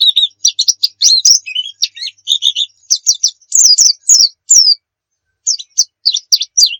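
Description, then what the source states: White-eye song, busy high chattering with sweeping and buzzy notes, a short silence, then a few more sharp chirps. Pleci muria type; masteran (song-training material).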